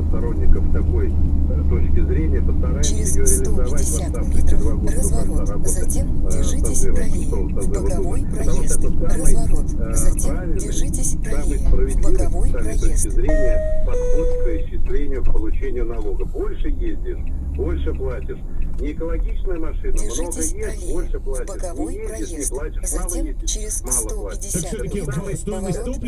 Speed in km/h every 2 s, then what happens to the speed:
67, 63, 60, 57, 49, 37, 18, 9, 9, 6, 1, 0, 0.
0-20 slows to 1. 20-26 standing.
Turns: 11-17.